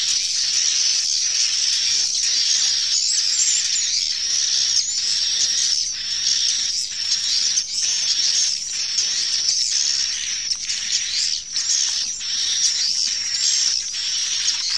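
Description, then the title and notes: Swiftlet chorus of shrill, squeaky chirps, continuous and high-pitched, with slight pulsing swells throughout. Swiftlet sound used in swiftlet bird farming in Asia. "Swiflet Bird Sound. Farming Swiflet Bird asia sound"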